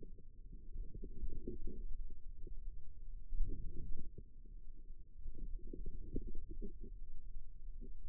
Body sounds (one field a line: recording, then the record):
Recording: forearm muscle sounds (acoustic myography)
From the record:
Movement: outward rotation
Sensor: system 2, bracelet of six BSWA MPA416 microphones around the upper forearm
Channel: 3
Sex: female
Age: 22 years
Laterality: right